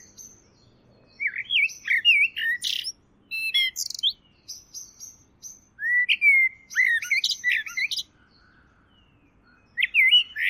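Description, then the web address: Bird song in warbled, looping phrases with sweeping notes and high thin ticks, sung in bursts separated by short pauses. "Deverinetal. Bird Only"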